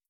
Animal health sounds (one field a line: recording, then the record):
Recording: hydrophone in a shrimp aquaculture tank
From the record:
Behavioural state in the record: starved